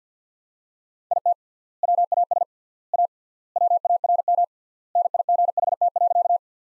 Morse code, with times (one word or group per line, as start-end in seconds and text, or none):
1.1-1.3 IT
1.8-2.4 WAS
2.9-3.1 A
3.6-4.4 WARM
5.0-6.4 NIGHT.